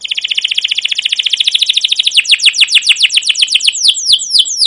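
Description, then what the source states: Canary song, a fast rolled trill that slows into distinct downward-sweeping chirps repeated rapidly. Song used as a lure (pancingan) to train other canaries; long continuous singing with cuit-cuit notes and rolling (ngerol) passages.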